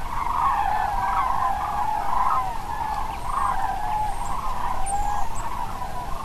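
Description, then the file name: Cranes calling as a flock, a dense, continuous chorus of rolling trumpeting notes that swell and fade, with a few faint higher chirps. "grues"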